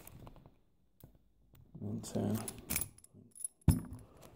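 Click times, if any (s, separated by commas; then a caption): 2.7 s, 3.4 s. After being picked, the shackle of an Abus 90/50 steel marine padlock is pushed fully closed into the lock body and the plug is turned back so the locking mechanism engages the shackle, while someone talks briefly. Soft ratchet-like mechanical clicks are heard as it turns, with the clearest at 2.7 s and 3.4 s. The padlock relocks with the shackle seated.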